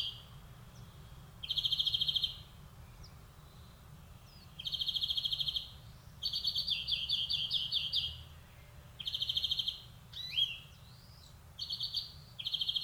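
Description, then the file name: European greenfinch singing dry trills and tumbling twittering runs, with a few thin high notes between phrases. "Chloris chloris"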